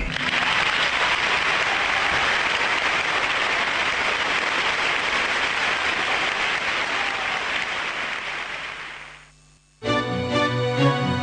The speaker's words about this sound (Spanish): Fue tan hermoso lo que dijiste que vamos a inaugurar una nueva sección del programa que es aplaudir al entrevistado.